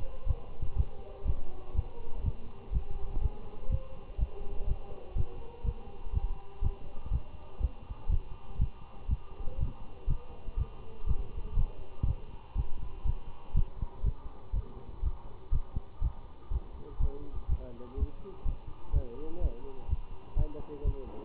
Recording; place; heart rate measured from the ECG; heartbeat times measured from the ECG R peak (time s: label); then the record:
heart sounds by stethoscope; between the tricuspid and mitral areas; 122 bpm
0.28 s: heartbeat
0.77 s: heartbeat
1.27 s: heartbeat
1.76 s: heartbeat
2.25 s: heartbeat
2.74 s: heartbeat
3.22 s: heartbeat
3.71 s: heartbeat
4.20 s: heartbeat
4.68 s: heartbeat
5.17 s: heartbeat
5.65 s: heartbeat
6.14 s: heartbeat
6.63 s: heartbeat
7.12 s: heartbeat
7.61 s: heartbeat
8.11 s: heartbeat
8.60 s: heartbeat
9.10 s: heartbeat
9.59 s: heartbeat
10.09 s: heartbeat
10.58 s: heartbeat
11.08 s: heartbeat
11.58 s: heartbeat
12.07 s: heartbeat
12.57 s: heartbeat
13.06 s: heartbeat
13.55 s: heartbeat
14.05 s: heartbeat
14.54 s: heartbeat
15.04 s: heartbeat
15.53 s: heartbeat
16.02 s: heartbeat
16.52 s: heartbeat
17.01 s: heartbeat
17.50 s: heartbeat
17.98 s: heartbeat
18.46 s: heartbeat
18.94 s: heartbeat
19.42 s: heartbeat
19.90 s: heartbeat
20.37 s: heartbeat
20.86 s: heartbeat
From the record:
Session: Bruce protocol treadmill stress test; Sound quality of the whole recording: good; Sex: male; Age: 25 years